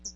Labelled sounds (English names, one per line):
Hooded Warbler flight call